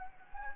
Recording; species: mosquito wingbeat signal from an infrared sensor; Anopheles gambiae